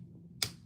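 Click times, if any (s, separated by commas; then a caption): 0.4 s. A plastic LEGO brick is pressed onto the studs of another brick while building out a wall section of a LEGO Nightmare Before Christmas set, a wall meant to angle up and down. Over a low background hum, it snaps home with one sharp, bright click at 0.4 s. The brick is seated.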